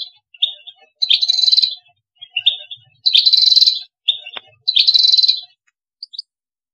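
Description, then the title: European goldfinch song, short bright twittering notes alternating with harsh buzzy bursts. "Chant Chardonneret"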